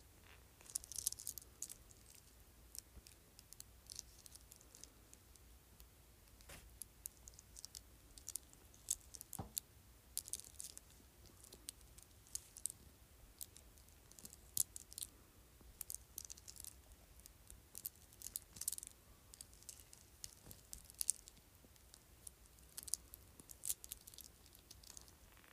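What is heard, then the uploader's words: ASMR bracelet of beads: frequent soft, bright clicks and crunchy rustles at an irregular pace throughout, over a faint low hum. ASMR Bracelet of Beads.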